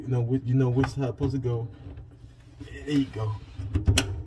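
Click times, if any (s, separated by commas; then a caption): 4.0 s. Someone talks while pushing a small plastic mounting clip up onto the posts at the back of a Moen Adler 87203 kitchen faucet under the sink. After a soft tap at 3.8 s, the clip snaps into place with a sharp click at 4.0 s and is seated.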